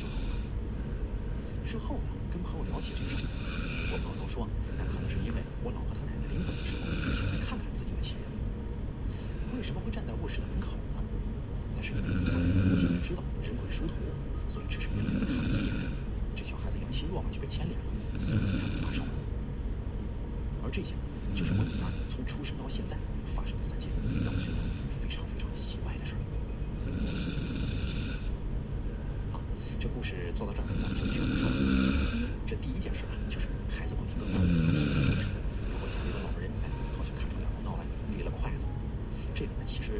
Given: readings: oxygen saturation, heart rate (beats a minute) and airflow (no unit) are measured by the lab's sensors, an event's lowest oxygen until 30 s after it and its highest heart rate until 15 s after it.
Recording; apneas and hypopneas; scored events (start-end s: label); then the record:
breathing in sleep by a smartphone at the bedside; 1
14.00-32.80 s: hypopnea (N2, oxygen 94% highest, then 92% lowest)
From the record:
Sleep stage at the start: N2 (light sleep); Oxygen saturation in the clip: 93 to 95%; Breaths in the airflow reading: 11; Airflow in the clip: -4.7 to 8.8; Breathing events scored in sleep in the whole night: 335 in 6.7 hours asleep